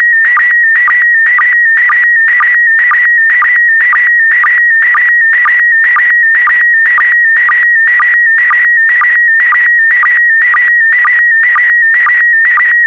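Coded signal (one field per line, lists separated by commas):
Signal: SSTV (slow-scan television)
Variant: PD120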